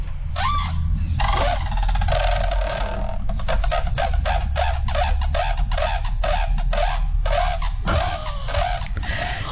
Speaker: Here's a trumpeting brolga